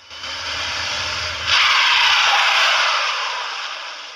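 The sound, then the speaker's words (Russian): Car brakes screech in a harsh, hissing scrape that builds over a low engine rumble, then surges louder partway through and holds for a few seconds before easing off. No one speaks. “Раздался визг тормозов.”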